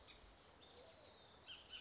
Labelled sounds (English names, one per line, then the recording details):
Bullock's Oriole
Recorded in Sonoma County, California